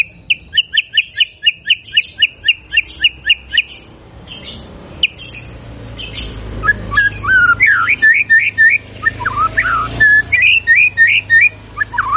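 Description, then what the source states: White-rumped shama song: a steady series of sharp repeated notes, then varied lower slurred whistles over a faint background hum. Energetic singing shama recording used as a lure to provoke a response.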